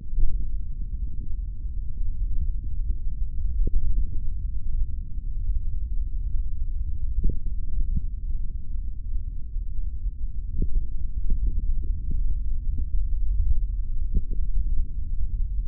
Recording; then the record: forearm muscle sounds (acoustic myography)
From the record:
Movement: finger pinch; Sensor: system 3, bracelet of six PUI Audio POM-2738L microphones around the upper forearm, with dedicated amplification and filtering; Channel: 1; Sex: male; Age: 23 years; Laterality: right